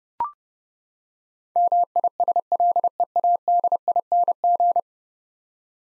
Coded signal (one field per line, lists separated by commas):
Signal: Morse code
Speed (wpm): 31 wpm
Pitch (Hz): 700 Hz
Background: none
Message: MISLEADING